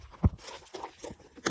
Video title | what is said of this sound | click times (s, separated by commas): Top Extension Cowl Replacement On 2009-2014 Maxima | pop it in, and you hear it click into place. | 0.2 s, 1.5 s